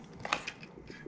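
A drivetrain part in the slipper clutch and bearing area is pushed into an RC truck's transmission during reassembly, giving a few small, sharp clicks. The main click comes at 0.3 s, but the part has not gone all the way in and is only partly seated.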